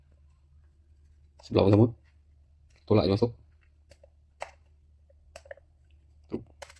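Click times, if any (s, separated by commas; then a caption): 5.4 s, 6.6 s. Someone talks while pushing a brush or attachment into its slot on a Keelat KMTF05S cordless vacuum, lining it up with the guide holes on each side. Two sharp clicks are heard at 5.4 s and 6.6 s, along with a few fainter ticks, as the lock engages and the attachment is seated.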